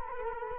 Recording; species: mosquito wingbeat signal from an infrared sensor; Culex quinquefasciatus